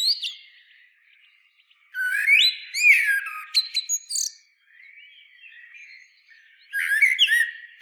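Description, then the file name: Common blackbird sings a long warbling phrase with high squeaky flourishes, pauses amid faint twittering, then starts another phrase. "Turdus merula"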